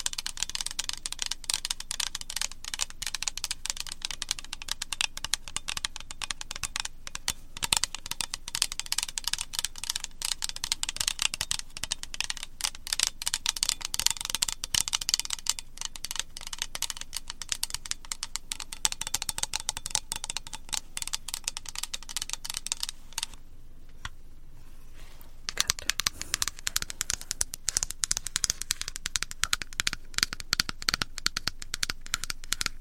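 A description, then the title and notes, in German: Rapid tapping runs almost continuously, dense, crisp clicks like fingers on a keyboard. The taps are bright and sharp with little low end. Around 23 seconds they stop for about two seconds, then resume at a similar pace. ASMR - "Tapp, tapp, tapp".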